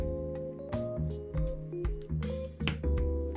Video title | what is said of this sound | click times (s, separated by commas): Outils pour recouvrir les boutons | ici on a entendu le clipse c'est bon | 2.7 s